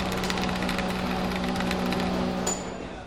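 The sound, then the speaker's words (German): A motor hoists circus tent canvas, tied to four large masts, up on long ropes: a steady mechanical hum with a low droning tone and faint rhythmic clattering runs continuously, easing slightly toward the end, with no voices. “Die Plane wird an die vier großen Masten gebunden und dann an langen Seilen hochgezogen. Mit einem Motor.”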